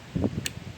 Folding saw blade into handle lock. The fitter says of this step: Folds out. It's a great piece of gear, and it locks in place.